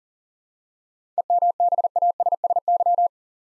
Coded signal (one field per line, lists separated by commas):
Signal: Morse code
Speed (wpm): 38 wpm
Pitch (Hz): 700 Hz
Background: none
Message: EMBASSY